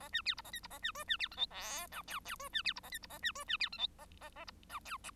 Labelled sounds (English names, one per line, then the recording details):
Bengalese Finch song
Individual Bird1